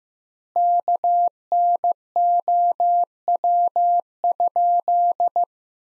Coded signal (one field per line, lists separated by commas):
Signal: Morse code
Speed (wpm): 15 wpm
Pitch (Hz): 700 Hz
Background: none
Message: KNOW?